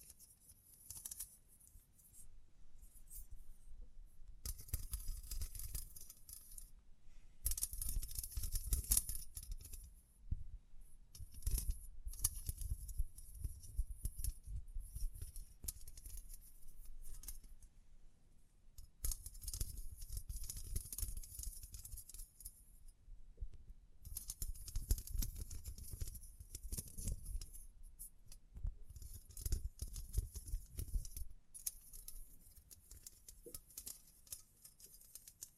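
Tapping, scratching and brushing sounds come in uneven bursts, with crisp, bright crinkles and a soft low thump underneath. Busy stretches around 5–10, 12–17, 19–23 and 25–31 seconds alternate with brief near-silent pauses, the texture dense and rustling rather than rhythmic.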